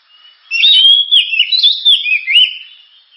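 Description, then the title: Oriental magpie-robin song: a continuous run of loud, looping whistles and slurred notes, rising and falling without a pause. Loud, sharp 'gacor' (constantly singing) kacer song, described as suited for use as 'pancingan' to prompt other birds to sing. "Kacer Gacor Suara Tajam. Kacer Gacor Suara Super Kenceng Cocok untuk Pancingan"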